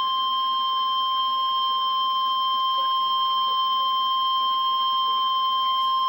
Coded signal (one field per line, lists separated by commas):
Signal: Emergency Alert System (SAME) tones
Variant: 1050 Hz attention tone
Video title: REAL EAS 573-Severe thunderstorm watch